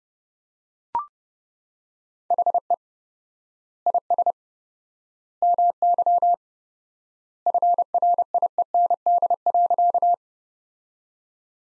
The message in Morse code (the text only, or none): HE IS MY FRIEND.